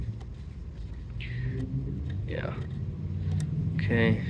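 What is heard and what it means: A new oil filter cartridge for a Ram Promaster is handled as it is brought to its filter housing cap, with faint taps and rustles over a steady low rumble while someone talks. Nothing has clicked into the cap or seated yet.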